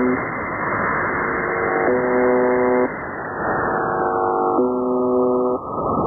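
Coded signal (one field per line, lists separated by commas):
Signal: channel marker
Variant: buzzer type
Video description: could that be the reason that they are now are transmitting on 4810 ? : location is apparently near Changdu in China. it looks stronger also as the old MDZhB (Russian: МДЖБ)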